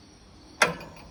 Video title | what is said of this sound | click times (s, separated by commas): Utiliquip UMI12000PWE and Figure 8 for fiber optic cable Trailer | locks in place. That's straight forward, and | 0.6 s